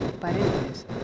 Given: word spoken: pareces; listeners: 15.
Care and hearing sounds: one Spanish word in noise, from a listening test; noise modulated by three-talker babble; -5.2 dB; 3 of 15; 12 of 15; 0.64 s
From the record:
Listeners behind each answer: 12, 3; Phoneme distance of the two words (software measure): 10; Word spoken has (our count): 3 syllables, 7 phonemes, stress on syllable 2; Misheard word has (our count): 3 syllables, 7 phonemes, stress on syllable 2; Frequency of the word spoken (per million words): 3.87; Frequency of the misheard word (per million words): 51.62

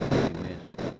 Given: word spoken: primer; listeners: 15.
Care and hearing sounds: one Spanish word in noise, from a listening test; noise modulated by one talker; -8.3 dB; 3 of 15; 9 of 15; 0.60 s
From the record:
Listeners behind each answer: 9, 3, 1, 1, 1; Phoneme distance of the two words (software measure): 27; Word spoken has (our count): 2 syllables, 6 phonemes, stress on syllable 2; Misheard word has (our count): 2 syllables, 5 phonemes, stress on syllable 2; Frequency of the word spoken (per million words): 458.30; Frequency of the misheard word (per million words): 70.24

